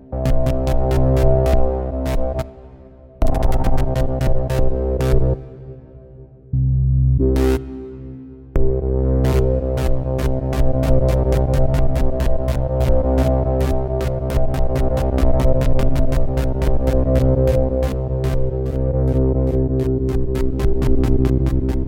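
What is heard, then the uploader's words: A single sawtooth tone holds a low C, buzzy and dense with stacked overtones. Its brightness shifts slowly, and after a few early dropouts around 2.5 and 5–8 seconds it settles into a rapid, regular ticking pulse that quickens and brightens toward the end. I used a single Saw waveform playing a C note. I made it evolve using the Mod-wheel mapped to filter frequency cutoff and the knobs and faders of my midi controller mapped to tweak filters and LFO in real time. Take one held tone and make it dance slowly.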